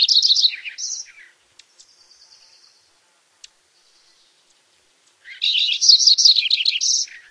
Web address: Songs of Birds of North America Stokes. Lincolns Sparrow